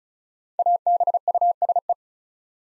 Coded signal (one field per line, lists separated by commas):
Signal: Morse code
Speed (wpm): 34 wpm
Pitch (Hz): 700 Hz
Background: none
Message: ABUSE